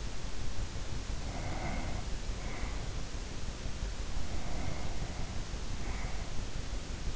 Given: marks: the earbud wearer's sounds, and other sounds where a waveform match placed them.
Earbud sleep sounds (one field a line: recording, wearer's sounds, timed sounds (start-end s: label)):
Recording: sounds in sleep by an in-ear microphone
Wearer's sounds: breath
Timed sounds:
1.14-3.06 s: breath
4.07-6.38 s: breath